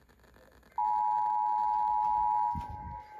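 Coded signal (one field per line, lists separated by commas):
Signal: Emergency Alert System (SAME) tones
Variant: 853 and 960 Hz attention tone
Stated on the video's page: EAS tones from an IPAWS test relayed by a broadcast station whose endec overrides the broadcast.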